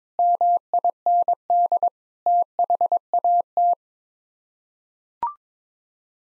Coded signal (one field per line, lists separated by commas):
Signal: Morse code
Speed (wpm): 22 wpm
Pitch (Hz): 700 Hz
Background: none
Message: MIND THAT